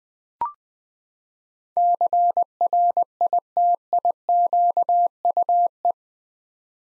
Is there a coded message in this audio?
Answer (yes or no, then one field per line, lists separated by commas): yes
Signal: Morse code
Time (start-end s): 1.8-5.9 s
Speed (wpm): 20 wpm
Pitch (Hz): 700 Hz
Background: none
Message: CRITIQUE